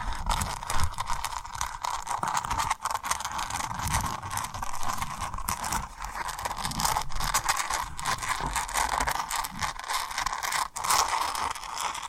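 Tapping and rubbing on a rhinestone surface, heard as a dense, continuous run of small scratchy, crackling textures with quick light taps scattered throughout. The level stays fairly even for the whole twelve seconds, with a bright grainy edge and brief sharper clicks near three, seven and eleven seconds.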